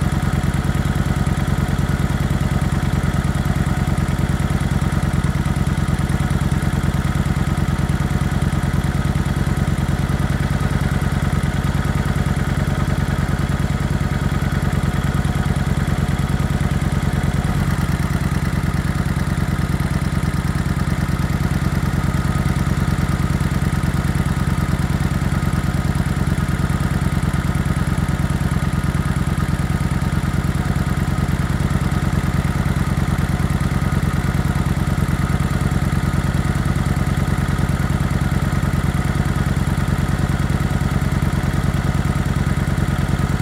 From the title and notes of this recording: In this episode, we feature the soothing sounds of a Kawasaki Vulcan 900 motorcycle engine idling. The gentle purring of the engine.